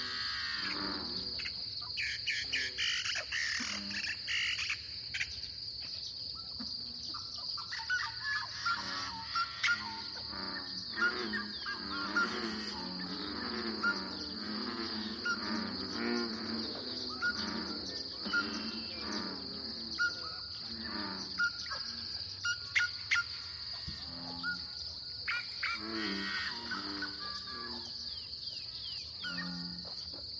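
A lively dawn chorus in a small pothole coulee in Eastern Washington, with many birds singing and chirping over one another throughout. A steady high insect whine runs underneath the whole time, and sharp calls punctuate the busy, overlapping song.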